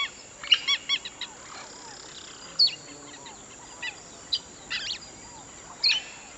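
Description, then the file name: Bird chirps in short bursts of sharp, high notes separated by pauses, with faint lower curved calls in the background. "Natural Sample Makers - Relaxing Birdsong"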